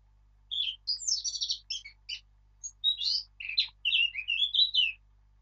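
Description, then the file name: Eurasian blackcap song: a chattering warble of quick varied notes, followed by a run of rich, clear fluty whistles. "Sylvia atricapilla"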